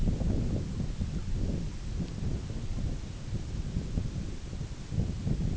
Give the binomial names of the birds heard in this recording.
none